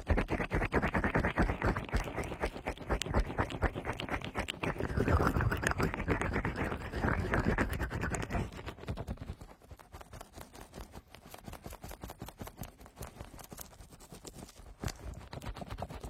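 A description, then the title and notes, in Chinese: Fast fluffy rubbing over the ears comes in rapid, dense strokes, full and muffled for about eight seconds, then lighter and quieter. 毛茸茸 快速按摩双耳。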